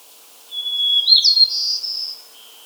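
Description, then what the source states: White-crowned sparrow gives a single song: whistled opening, quick upward slur, then a sustained high buzzy trill. Subspecies gambelii.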